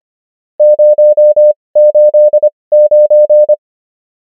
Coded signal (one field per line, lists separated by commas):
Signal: Morse code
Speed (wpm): 25 wpm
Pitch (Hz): 600 Hz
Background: none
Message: 089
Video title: morse code practice | 25wpm | 20fw | numbers | ENGLISH